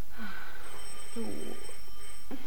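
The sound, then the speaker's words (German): A telephone rings with a steady, high electronic trill that holds for about two seconds, over a faint background rumble and a few brief, murmuring sounds. “Lass es doch klingeln.”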